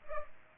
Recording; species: mosquito wingbeat signal from an infrared sensor; Culex pipiens